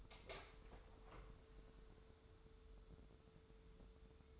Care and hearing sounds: daily activity, microphone in the room; open door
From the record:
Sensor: 3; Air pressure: 1015.1 hPa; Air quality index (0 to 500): 116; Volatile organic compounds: 4 ppm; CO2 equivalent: 1636 ppm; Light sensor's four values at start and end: 16/40/16/17 and 16/40/16/17

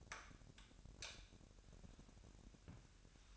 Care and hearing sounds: daily activity, microphone in the room; light off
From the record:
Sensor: 2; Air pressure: 1011.8 hPa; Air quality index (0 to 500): 217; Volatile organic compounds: 3 ppm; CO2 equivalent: 1527 ppm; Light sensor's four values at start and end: 16/44/18/18 and 11/27/11/12

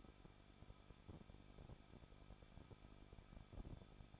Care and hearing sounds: daily activity, microphone in the room; no activity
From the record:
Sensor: 5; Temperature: 20.8 degrees Celsius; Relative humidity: 38.6%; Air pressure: 1006.4 hPa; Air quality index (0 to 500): 192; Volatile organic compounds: 21 ppm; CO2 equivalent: 2715 ppm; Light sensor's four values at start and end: 2/3/1/1 and 2/3/1/1

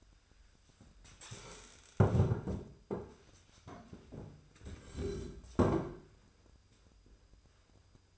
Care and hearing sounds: daily activity, microphone in the room; stand up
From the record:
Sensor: 2

